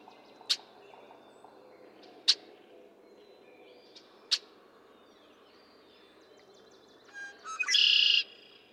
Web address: birdsongforthecurious Red-winged Blackbird